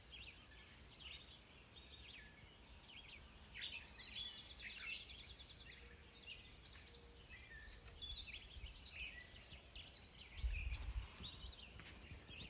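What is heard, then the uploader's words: Sounds from around a house: a steady low rumble of outdoor noise runs throughout, with many birds chirping and trilling high above it. The calls overlap densely and never stop, and a brief thump or knock stands out near the eleven-second mark. Sounds from around our house, mostly in the am.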